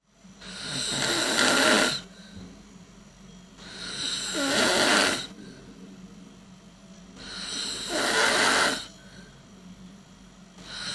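Three long, rough, noisy snores from a sleeping adult, roughly every three seconds, with quiet exhalations between.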